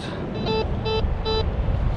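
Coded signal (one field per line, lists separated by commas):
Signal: none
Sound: metal detector target tones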